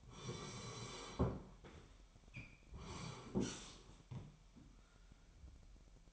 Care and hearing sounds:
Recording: daily activity, microphone in the room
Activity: sit down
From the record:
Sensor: 1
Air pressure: 998.6 hPa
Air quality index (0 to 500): 118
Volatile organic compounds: 3 ppm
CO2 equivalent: 1407 ppm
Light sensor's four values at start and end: 8/19/8/9 and 8/19/8/9

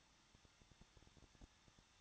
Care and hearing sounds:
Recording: daily activity, microphone in the room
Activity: no activity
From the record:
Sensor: 3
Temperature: 21.2 degrees Celsius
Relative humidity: 36.4%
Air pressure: 1006.3 hPa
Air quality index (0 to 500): 223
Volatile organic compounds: 43 ppm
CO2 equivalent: 3196 ppm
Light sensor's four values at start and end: 2/3/2/2 and 2/3/2/2

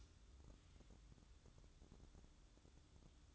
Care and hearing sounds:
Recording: daily activity, microphone in the room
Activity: light on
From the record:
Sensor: 3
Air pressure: 1007.9 hPa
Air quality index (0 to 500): 86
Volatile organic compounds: 1 ppm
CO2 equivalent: 724 ppm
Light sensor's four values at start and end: 11/26/11/11 and 17/46/19/18

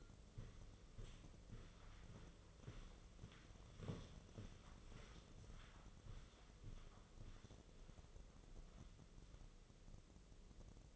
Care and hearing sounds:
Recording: daily activity, microphone in the room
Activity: walk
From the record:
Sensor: 4

